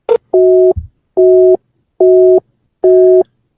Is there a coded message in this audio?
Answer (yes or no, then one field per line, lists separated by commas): no